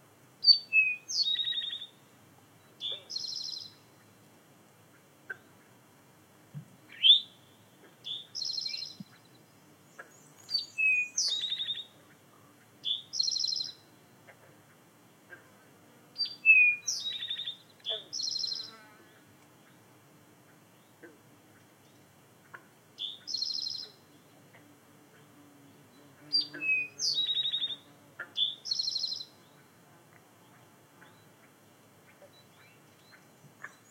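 A small bird sings outdoors by a pond, repeating short, bright, warbling phrases every three to four seconds with quiet gaps between them. A faint, steady low hum of insects runs underneath throughout.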